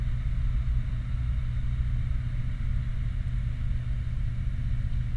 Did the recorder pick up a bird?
no